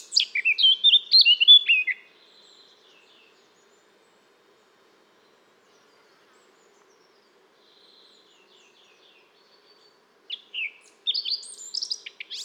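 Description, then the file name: Eurasian blackcap: a two-second burst of hurried, jumbled warbling, a long near-silent gap with faint notes, then a fresh scratchy phrase starts. "Sylvia atricapilla"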